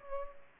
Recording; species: mosquito wingbeat signal from an infrared sensor; Culex pipiens